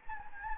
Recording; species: mosquito wingbeat signal from an infrared sensor; Anopheles gambiae